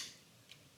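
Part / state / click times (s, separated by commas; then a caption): M.2 SSD retention clip on a motherboard M.2 slot / released / 0.5 s. A plastic tool-less M.2 retention clip (MSI EZ M.2 Clip II) on an MSI MPG Z890 Carbon WIFI motherboard M.2 slot is pulled outward, away from the user, to release an installed M.2 SSD. A single short, faint tick is heard at 0.5 s as the clip lets go over a quiet background. The SSD is released.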